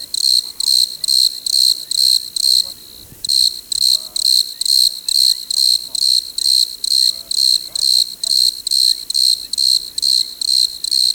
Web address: Dr Sound Effects. Chorus of Desert Crickets